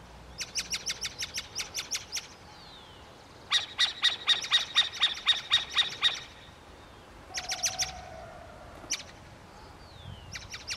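Burrowing owl giving rapid bursts of harsh, scratchy notes, about four per second, in several runs separated by pauses.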